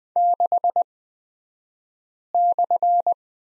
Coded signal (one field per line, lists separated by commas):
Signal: Morse code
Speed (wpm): 20 wpm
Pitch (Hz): 700 Hz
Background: none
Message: 6/